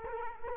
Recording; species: mosquito wingbeat signal from an infrared sensor; Culex quinquefasciatus